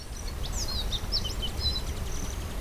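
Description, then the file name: Baby birds making a string of high, thin, sliding chirps, several close together, over constant low background noise. Young birds recorded at Crescent Meadow in August 2015. "201508 Aug Crescent Meadows Baby Birds"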